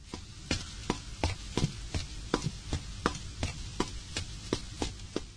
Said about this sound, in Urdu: یہ تو ایسی آواز ہے انور صاحب جیسے کوئی شخص جلدی میں چل رہا ہو